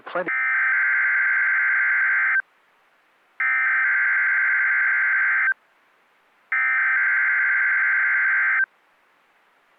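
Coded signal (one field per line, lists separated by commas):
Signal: Emergency Alert System (SAME) tones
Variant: header bursts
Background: speech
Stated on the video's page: NOAA Weather Radio required weekly test on 162.500 MHz from a transmitter in Holland, Ohio, recorded directly from a Uniden Bearcat BC355N scanner.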